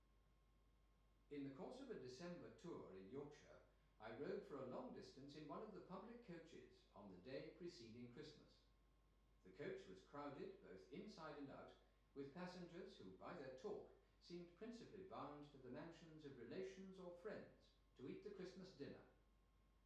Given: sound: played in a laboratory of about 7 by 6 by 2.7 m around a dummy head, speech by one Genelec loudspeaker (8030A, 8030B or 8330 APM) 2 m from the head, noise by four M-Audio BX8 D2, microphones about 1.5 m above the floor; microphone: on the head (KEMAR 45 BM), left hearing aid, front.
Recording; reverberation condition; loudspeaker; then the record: male speech in English; medium; 60 degrees to the right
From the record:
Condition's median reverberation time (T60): about 510 ms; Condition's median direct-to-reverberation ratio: about -0.5 dB